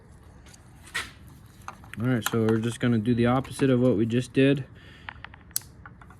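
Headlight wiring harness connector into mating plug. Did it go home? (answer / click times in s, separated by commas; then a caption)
yes / 5.6 s. Someone talks while working on the plastic headlight wiring harness connector of a 2013 Jeep Wrangler during a headlight and fog light installation. The connector is pushed together into its mating plug, with a few small clicks and taps around it, and it clicks sharply into place at 5.6 s. The connector is seated, and its red locking tab is slid back afterwards to lock it.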